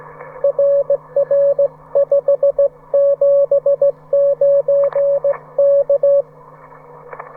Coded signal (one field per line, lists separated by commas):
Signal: Morse code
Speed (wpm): 16 wpm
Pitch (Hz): 560 Hz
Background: radio noise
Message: RR 579 K